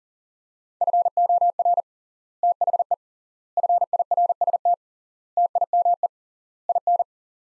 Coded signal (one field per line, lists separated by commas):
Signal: Morse code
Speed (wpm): 37 wpm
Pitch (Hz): 700 Hz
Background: none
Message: FOR THE FIRST TIME IN